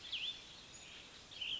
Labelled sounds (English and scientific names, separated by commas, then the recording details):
Cassin's Vireo (Vireo cassinii)
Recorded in Sonoma County, California